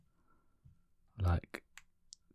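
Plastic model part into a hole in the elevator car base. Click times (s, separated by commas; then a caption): 1.8 s, 2.1 s. A small plastic part for the base of the scale model Thunderbird 2 elevator car is pushed into its mounting hole while someone talks. Two sharp clicks sound at 1.8 s and 2.1 s as the parts seat firmly in place.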